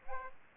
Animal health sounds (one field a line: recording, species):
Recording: mosquito wingbeat signal from an infrared sensor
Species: Aedes aegypti